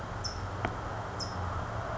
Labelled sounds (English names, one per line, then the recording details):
California Towhee
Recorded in Sonoma County, California